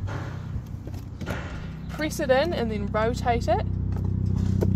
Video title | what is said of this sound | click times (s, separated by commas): 2003 Sterling Eccles Jade Induction video | and it'll click into place it'll line up with that little on line | 4.6 s